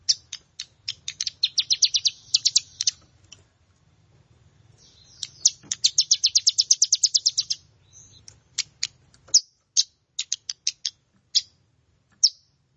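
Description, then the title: Plain prinia song: rapid high buzzy note series in two long bursts, followed by a scatter of separate sharp chips. "Ciblek Sawah"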